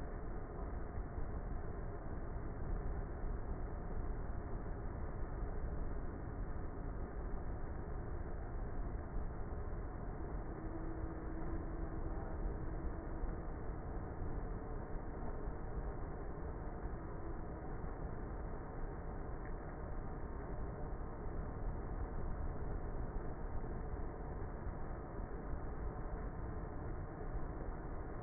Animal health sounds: honeybee colony, microphone inside the hive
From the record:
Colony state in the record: queenless with a low population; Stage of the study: before two queens were removed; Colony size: about 30,000 bees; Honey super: no

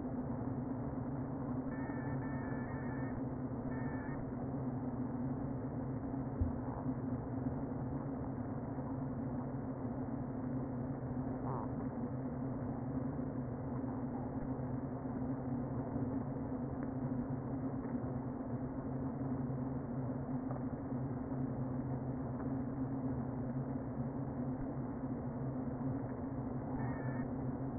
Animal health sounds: honeybee colony, microphone inside the hive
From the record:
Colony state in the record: queen present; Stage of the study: before two queens were removed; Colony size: about 60,000 bees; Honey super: yes

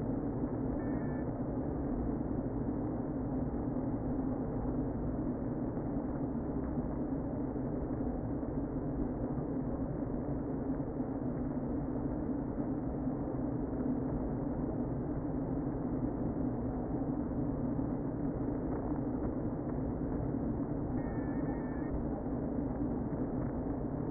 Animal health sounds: honeybee colony, microphone inside the hive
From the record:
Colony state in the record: queen present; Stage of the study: before two queens were removed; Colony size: about 60,000 bees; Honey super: yes

